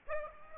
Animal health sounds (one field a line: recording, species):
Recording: mosquito wingbeat signal from an infrared sensor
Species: Aedes aegypti